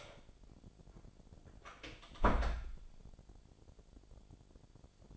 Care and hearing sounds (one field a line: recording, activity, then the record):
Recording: daily activity, microphone in the room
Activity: close door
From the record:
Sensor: 5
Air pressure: 1007.4 hPa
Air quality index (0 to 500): 162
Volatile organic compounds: 4 ppm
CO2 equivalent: 1556 ppm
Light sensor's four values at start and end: 57/161/63/63 and 58/163/63/64